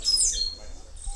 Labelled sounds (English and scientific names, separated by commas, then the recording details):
Stitchbird (Notiomystis cincta) song
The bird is a male
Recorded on Tiritiri Matangi Island, New Zealand, in 2005
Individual 5, of nest box 6